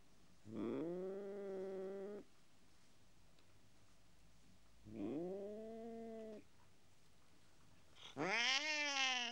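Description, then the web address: Cat howling in three drawn-out, rising wails, each about one to two seconds long, the last one louder and harsher. "BBC Sound Effects Library BBC 06-Animals and Birds 06 Mog Cat Howling"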